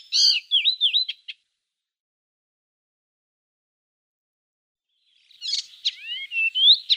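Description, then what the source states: Icterine warbler singing varied whistled phrases with swooping, slurred notes, broken by a silent gap of several seconds before the song resumes. Song, recorded by Peter Schulze.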